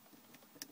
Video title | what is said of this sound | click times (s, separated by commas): how to remove the shift knob on a Mercedes w202,w220 and others | tighten the collar clockwise till it clicks | 0.6 s